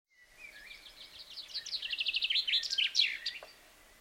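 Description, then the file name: Common chaffinch song: a rapid series of bright notes, about three seconds long, ending in a flourish. "Fringilla coelebs"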